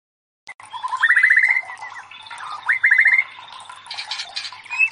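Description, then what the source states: White-rumped Shama song: quick rising trilled phrases near mid pitch, two bursts, over a steady high hiss and softer background notes. Masteran (training recording for cage birds) of murai batu, labaik style of song.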